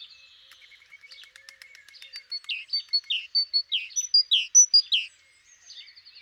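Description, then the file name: Great tit call opening with thin high notes and faint ticks, then a series of sharp chirps with downward-sweeping tails, fading into softer notes at the end. "Parus major"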